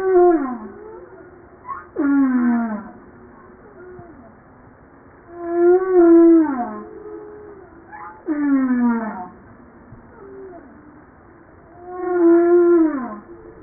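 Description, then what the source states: Humpback whale song of rich harmonic moans and sweeping, downward-sliding cries, repeating in a slow cycle. Recorded 5 March 1994.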